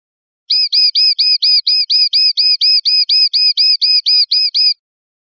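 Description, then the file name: European goldfinch: a fast, steady series of many identical sharp, high notes, evenly spaced, with nothing else audible. "suara burung chardonneret atau goldfinch eropa om kicau"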